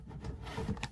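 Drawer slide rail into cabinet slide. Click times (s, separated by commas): 0.8 s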